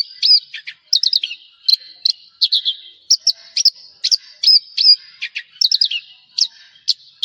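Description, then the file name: Javan bush lark song of crisp high chirps and quick down-slurred notes, spaced in short irregular groups throughout. "suara burung branjangan jawa"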